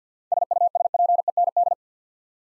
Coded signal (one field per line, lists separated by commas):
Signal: Morse code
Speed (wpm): 52 wpm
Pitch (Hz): 700 Hz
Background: none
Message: SUSPEND